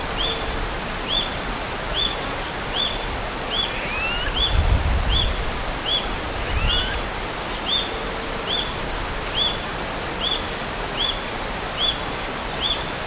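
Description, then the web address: Bird calls: short high notes repeated steadily, with a few quick upward-sweeping notes, over a constant high drone and some low rumble. "BIRD SABIOD bird"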